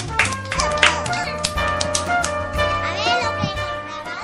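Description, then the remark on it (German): A group of children clapping in a quick, uneven patter of sharp claps, with excited young voices calling and chattering over the applause throughout. “Applaus.”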